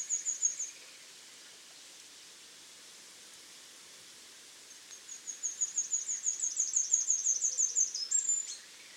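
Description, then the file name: Great tit calls: a brief high note burst at the start, then after a quiet gap a long run of thin, high, rapidly repeated notes. "Parus major"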